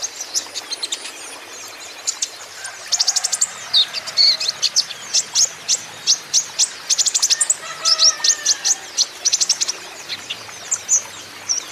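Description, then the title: Van Hasselt's sunbird song: rapid high sibilant chirps and thin ticking notes in quick bursts, with faint lower whistled notes drifting underneath. Caged young green-plumaged (konin ijoan) kolibri ninja in energetic (gacor) song; used as a lure and for training so untrained konin birds answer. "KOLIBRI NINJA KONIN IJOAN GACOR COCOK UNTUK PANCINGAN TERAPI KONIN BAHAN PASTI NYAUT"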